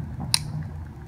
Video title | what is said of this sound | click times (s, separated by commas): Load Bearing Equipment | up here it'll click into place and it locks in | 0.3 s